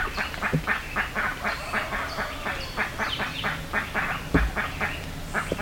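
Bird calls in a quick harsh series, some thin higher whistles mixed in, and a dull thump near the end.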